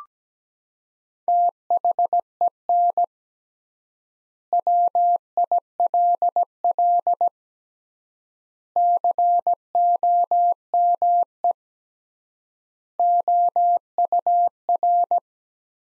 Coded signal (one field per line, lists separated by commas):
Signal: Morse code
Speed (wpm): 17 wpm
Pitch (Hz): 700 Hz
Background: none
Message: THEN WILL COME OUR